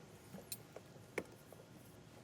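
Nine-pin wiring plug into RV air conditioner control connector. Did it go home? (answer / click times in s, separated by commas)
yes / 1.2 s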